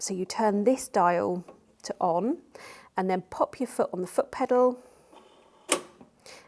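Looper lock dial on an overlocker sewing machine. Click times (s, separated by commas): 5.7 s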